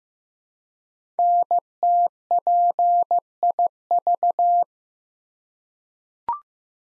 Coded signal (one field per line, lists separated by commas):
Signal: Morse code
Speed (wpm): 15 wpm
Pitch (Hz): 700 Hz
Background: none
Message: NTPIV